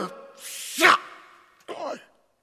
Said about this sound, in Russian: Я чихаю. Как от перца.